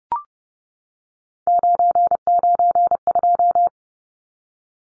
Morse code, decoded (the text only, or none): 992